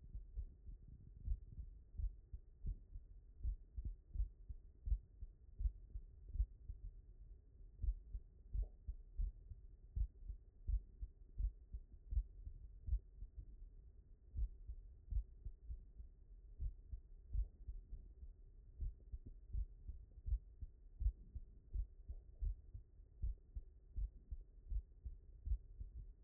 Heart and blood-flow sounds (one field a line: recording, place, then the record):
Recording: heart sounds by stethoscope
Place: mitral valve (MV)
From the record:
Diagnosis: non-HFrEF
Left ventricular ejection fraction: 62%